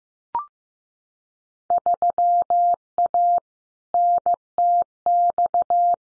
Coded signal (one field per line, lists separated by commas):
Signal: Morse code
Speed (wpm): 15 wpm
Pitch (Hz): 700 Hz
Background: none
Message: 3A NTX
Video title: Field Day Exchange 15wpm